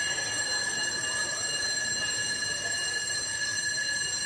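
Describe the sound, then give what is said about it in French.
A shrill, unbroken ringing of the bells of a hotel room while a man sits on the bed, holding one piercing high-pitched tone for the whole stretch, loud and steady with no pauses and no voices. “Étonnant ce que les sonnettes de cet hôtel font vibrer.”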